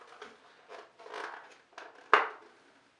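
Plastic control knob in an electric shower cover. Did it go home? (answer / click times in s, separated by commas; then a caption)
released / 2.1 s. A plastic control knob is pushed through from the back of a Galaxy electric shower's plastic cover, with soft scraping and rubbing sounds before a sharp pop at 2.1 s. The knob pops out of the cover and is released.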